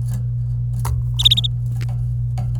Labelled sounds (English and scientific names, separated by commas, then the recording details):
Domestic Canary (Serinus canaria) song
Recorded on 26 April 2018 at 11:23
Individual llb3